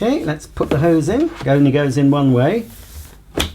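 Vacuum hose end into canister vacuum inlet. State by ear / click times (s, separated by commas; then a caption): seated / 3.4 s. Someone talks as the tapered hose end of a Sebo Airbelt C3 Power canister vacuum cleaner is pushed into the canister inlet, which it only fits one way. A sharp click at 3.4 s marks the hose seating home in the inlet.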